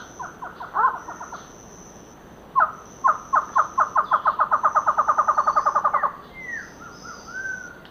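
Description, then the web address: Castelnau's antshrike: a short series of hollow notes, then a long series that speeds up into a rapid roll before stopping, followed by a few soft whistled notes. Calls and a duet recorded in the eastern lowlands of South America. "Natures Songs S America Eastern Lowlands. Thamnophilus cryptoleucus, calls and duet"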